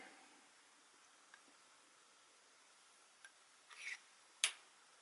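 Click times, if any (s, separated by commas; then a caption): 4.4 s. A plastic brush head is lined up by the keyed notch at its back and pushed onto the shaft of an InnCap PT1 ultra-light rechargeable electric toothbrush. Faint ticks and a short scrape come first, then a sharp click at 4.4 s as the head seats on the handle.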